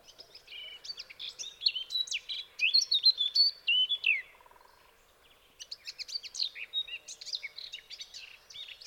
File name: Sylvia atricapilla